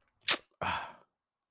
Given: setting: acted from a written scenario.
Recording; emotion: vocal sound without words; contempt